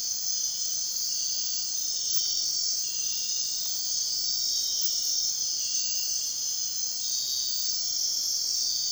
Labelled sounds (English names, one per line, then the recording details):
none
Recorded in dense forest near Puerto Asís, Putumayo, Colombia, on 13 March 2025 at 02:00
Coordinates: 0.499, -76.324
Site GP03